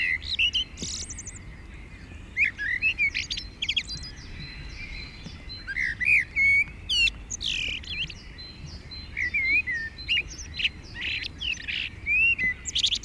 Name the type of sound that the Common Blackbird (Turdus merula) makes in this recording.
song